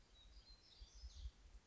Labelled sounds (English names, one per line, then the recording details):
Black-throated Gray Warbler
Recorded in Sonoma County, California